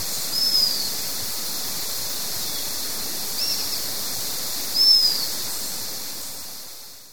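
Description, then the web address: White-fronted tyrannulet: two thin, very high, slightly descending whistled notes a few seconds apart, with a tiny softer note between, over steady hiss. Ecuador. "Birds of Ecuador White-fronted Tyrannulet"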